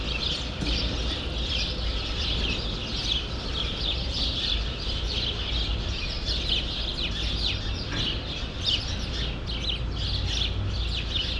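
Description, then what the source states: Sparrows chattering, bright chirps and short twitter runs overlapping constantly, with a steady low hum in the background. Sparrows in a grove at Rue Saint-Jean Népomucène, Brussels, Belgium; recorded with Earsight V2 microphones in AB into a Mixpre-3.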